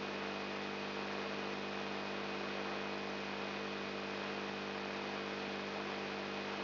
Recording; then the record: brain microelectrode recording played as sound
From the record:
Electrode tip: inside the subthalamic nucleus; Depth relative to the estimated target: 1 mm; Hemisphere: left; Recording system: AlphaMap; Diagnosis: Parkinson's disease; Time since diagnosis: 14 years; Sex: male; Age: 59 years